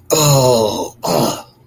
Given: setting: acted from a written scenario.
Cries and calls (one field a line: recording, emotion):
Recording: vocal sound without words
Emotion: disappointment